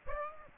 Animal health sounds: mosquito wingbeat signal from an infrared sensor; Aedes aegypti

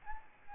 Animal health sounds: mosquito wingbeat signal from an infrared sensor; Aedes albopictus

